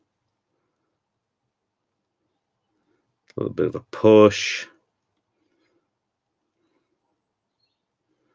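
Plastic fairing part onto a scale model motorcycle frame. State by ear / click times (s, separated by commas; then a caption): not seated / none. A plastic fairing is gently maneuvered with light pressure onto the frame of a 1:12 scale Tamiya Suzuki RGV Gamma model motorcycle before being pushed home. Someone talks briefly around 3.3–4.7 seconds, with near silence before and after. Nothing has snapped or clicked into place yet.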